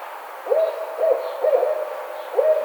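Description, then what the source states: Barred owl giving four low, clipped hoots, irregularly spaced, over a faint hiss. Recorded on 4 May 2009.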